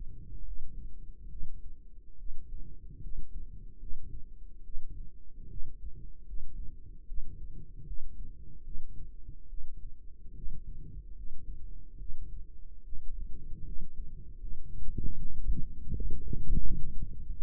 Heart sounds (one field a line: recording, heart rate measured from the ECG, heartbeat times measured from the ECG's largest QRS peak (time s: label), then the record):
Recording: heart sounds by microphone in the right ear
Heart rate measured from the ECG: 75 bpm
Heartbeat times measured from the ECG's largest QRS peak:
0.43 s: heartbeat
1.28 s: heartbeat
2.16 s: heartbeat
3.00 s: heartbeat
3.78 s: heartbeat
4.62 s: heartbeat
5.47 s: heartbeat
6.24 s: heartbeat
7.05 s: heartbeat
7.84 s: heartbeat
8.62 s: heartbeat
9.47 s: heartbeat
10.33 s: heartbeat
11.13 s: heartbeat
11.97 s: heartbeat
12.82 s: heartbeat
13.63 s: heartbeat
14.38 s: heartbeat
15.18 s: heartbeat
15.92 s: heartbeat
16.61 s: heartbeat
17.28 s: heartbeat
From the record:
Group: healthy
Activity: rest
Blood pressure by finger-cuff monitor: 127/69 mmHg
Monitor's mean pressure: 87 mmHg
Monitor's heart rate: 73 bpm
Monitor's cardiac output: 6.9 L/min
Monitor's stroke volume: 94 mL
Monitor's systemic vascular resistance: 930 dyn s/cm5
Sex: female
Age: 22 years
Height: 154 cm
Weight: 58.7 kg